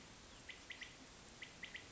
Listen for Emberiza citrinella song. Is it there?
no